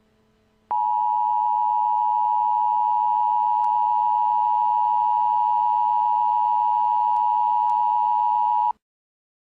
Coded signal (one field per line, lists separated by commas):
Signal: Emergency Alert System (SAME) tones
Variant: 853 and 960 Hz attention tone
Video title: EAS Mini Scenario: The UFO!